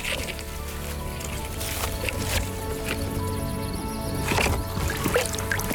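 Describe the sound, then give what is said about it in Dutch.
An eel named Ali slips free between someone's fingers and drops into dark water, making a few soft splashes and sloshing sounds over a low, steady background murmur, with a slightly louder splash near the end. “Voor ik het weet, glibbert Ali tussen mijn vingers door en verdwijnt in het donkere water.”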